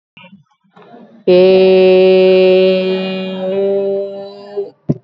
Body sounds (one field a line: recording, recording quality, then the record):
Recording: sustained vowel as in made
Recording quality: excellent, no background noise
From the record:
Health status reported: healthy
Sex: female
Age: 50 years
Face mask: worn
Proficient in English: no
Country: India